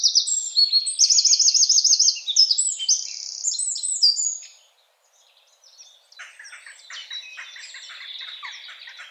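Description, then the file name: Eurasian wren gives a loud burst of high, fast trills and sharp notes for about four seconds, then a short silence, then fainter twittering in the background. "Troglodytes troglodytes"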